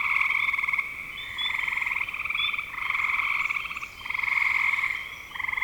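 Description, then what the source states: Frogs trilling in buzzy pulsed runs of about a second or more, with a few thin high chirps above. Recorded in spring 2025.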